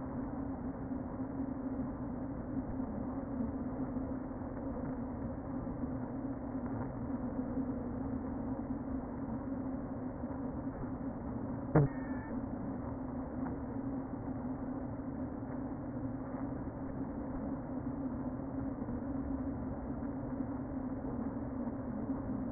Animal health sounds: honeybee colony, microphone inside the hive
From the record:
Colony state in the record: queen present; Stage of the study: before two queens were removed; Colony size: about 60,000 bees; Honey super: yes

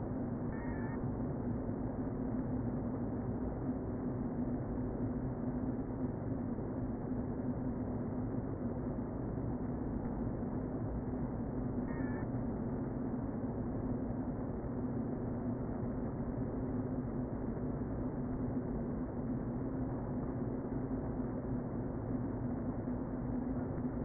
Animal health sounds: honeybee colony, microphone inside the hive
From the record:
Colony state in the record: queen present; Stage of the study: before two queens were removed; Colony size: about 60,000 bees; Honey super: yes

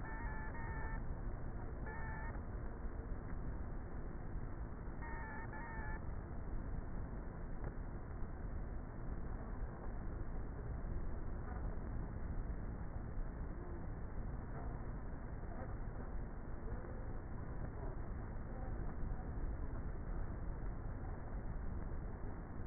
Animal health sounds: honeybee colony, microphone inside the hive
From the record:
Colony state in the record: queenless with a low population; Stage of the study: before two queens were removed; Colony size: about 30,000 bees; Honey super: no

